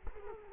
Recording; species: mosquito wingbeat signal from an infrared sensor; Culex quinquefasciatus